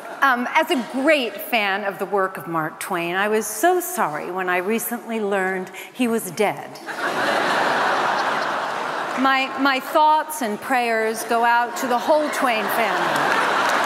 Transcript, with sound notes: As a great fan of the work of Mark Twain, I was so sorry when I recently learned he was dead.
(LAUGHTER)
My thoughts and prayers go out to the whole Twain family,